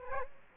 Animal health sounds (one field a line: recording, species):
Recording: mosquito wingbeat signal from an infrared sensor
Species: Culex quinquefasciatus